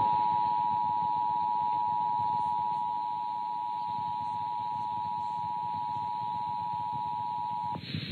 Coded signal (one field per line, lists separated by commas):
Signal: Emergency Alert System (SAME) tones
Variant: 853 and 960 Hz attention tone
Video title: Pennsylvania EAS Required Monthly Tests (2/21/19) (EAS #11-14)